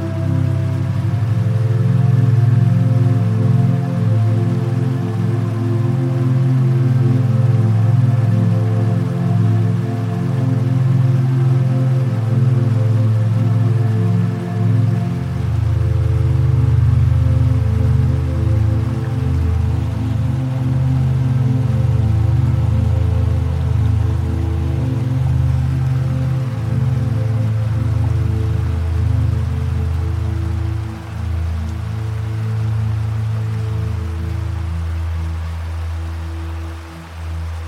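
Relaxing music of long, sustained low tones and soft held chords blends with a steady, even rush of flowing water. Around fifteen seconds the deep bass notes shift and begin to pulse gently, while the water sound stays constant to the end.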